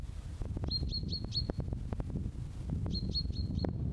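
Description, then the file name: Common chaffinch giving two quick runs of four bright, clipped high notes, separated by a pause, against steady low rumble and frequent sharp ticks. "Fringilla coelebs"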